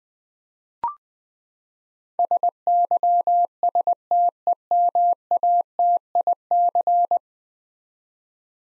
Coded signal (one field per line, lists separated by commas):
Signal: Morse code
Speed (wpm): 20 wpm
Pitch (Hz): 700 Hz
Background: none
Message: SYSTEMATIC